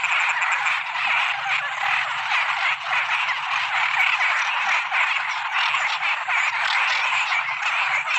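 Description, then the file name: Frogs croaking together in a thick, unbroken chorus, rough, crackling calls overlapping constantly at an even loudness. Toads and frogs calling in the evening. "Tieng coc nhai keu vao buoi toi"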